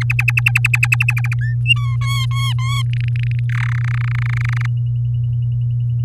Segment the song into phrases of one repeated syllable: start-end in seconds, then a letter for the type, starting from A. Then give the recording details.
0.01-1.34 A, 1.41-1.55 B, 1.66-1.96 C, 2.01-2.82 D, 2.93-3.39 E, 3.49-3.73 F, 3.75-4.66 G. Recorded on 8 May 2018 at 14:21. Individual llb16